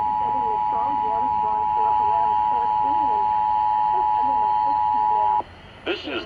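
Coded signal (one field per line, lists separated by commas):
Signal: Emergency Alert System (SAME) tones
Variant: 853 and 960 Hz attention tone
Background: speech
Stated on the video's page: Required Monthly Test received via broadcast radio on a WX-268 receiver.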